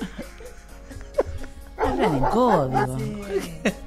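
A dog gives a couple of short yips, then a drawn-out, wavering whine that rises and falls in pitch for about two seconds before ending in another sharp yip.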